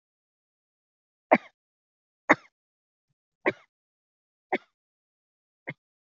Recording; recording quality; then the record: heavy voluntary cough; excellent, no background noise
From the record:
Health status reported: healthy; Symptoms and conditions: none ticked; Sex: female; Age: 54 years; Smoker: not ticked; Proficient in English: yes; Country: India